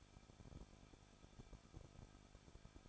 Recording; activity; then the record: daily activity, microphone in the room; no activity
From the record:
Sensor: 5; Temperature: 20.9 degrees Celsius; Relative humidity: 38.1%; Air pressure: 1006.4 hPa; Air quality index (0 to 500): 187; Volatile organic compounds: 18 ppm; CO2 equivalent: 2622 ppm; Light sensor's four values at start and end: 2/3/1/1 and 2/3/1/1